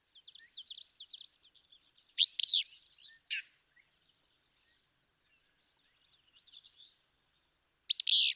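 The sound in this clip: Willow flycatcher song: a loud sneezy two-part phrase, a short buzzy note after, and another phrase at the end, with soft warbled chatter early on.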